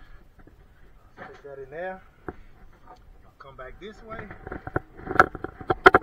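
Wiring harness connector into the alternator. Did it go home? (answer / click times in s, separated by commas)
yes / 5.9 s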